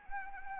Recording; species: mosquito wingbeat signal from an infrared sensor; Anopheles arabiensis